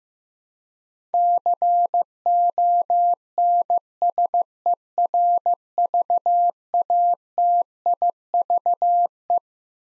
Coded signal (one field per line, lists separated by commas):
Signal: Morse code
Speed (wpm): 15 wpm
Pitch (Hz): 700 Hz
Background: none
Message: CONSERVATIVE